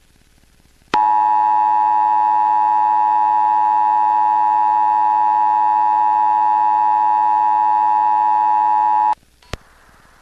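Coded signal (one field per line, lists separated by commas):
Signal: Emergency Alert System (SAME) tones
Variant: 853 and 960 Hz attention tone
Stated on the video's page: Required Monthly Test alert transmission that interrupted a television program.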